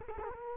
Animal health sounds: mosquito wingbeat signal from an infrared sensor; Culex quinquefasciatus

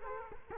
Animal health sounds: mosquito wingbeat signal from an infrared sensor; Culex quinquefasciatus

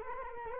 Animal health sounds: mosquito wingbeat signal from an infrared sensor; Culex quinquefasciatus

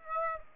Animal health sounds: mosquito wingbeat signal from an infrared sensor; Aedes aegypti

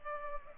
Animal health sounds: mosquito wingbeat signal from an infrared sensor; Culex pipiens

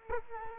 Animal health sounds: mosquito wingbeat signal from an infrared sensor; Culex quinquefasciatus

